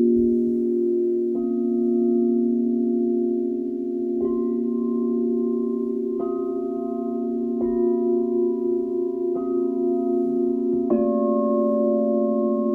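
Crystal singing bowls ring in a sustained, layered drone, with low and mid tones blending into a steady hum. Fresh strikes add brighter upper tones roughly every one and a half to two seconds, each swelling gently into the wash without any sharp break in loudness.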